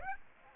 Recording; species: mosquito wingbeat signal from an infrared sensor; Aedes aegypti